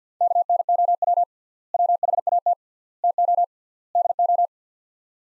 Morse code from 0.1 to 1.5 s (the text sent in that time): KNOW